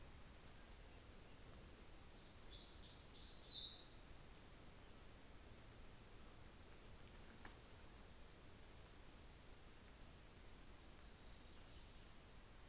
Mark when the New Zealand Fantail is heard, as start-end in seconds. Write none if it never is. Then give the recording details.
2.35-5.47. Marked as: faintness 3/5. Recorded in New Zealand on 24 December 2018. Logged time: 13:35